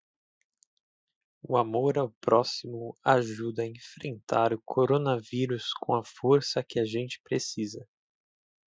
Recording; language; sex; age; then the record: spoken sentence; Brazilian Portuguese; male; 20 to 29 years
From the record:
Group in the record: control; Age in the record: 26 years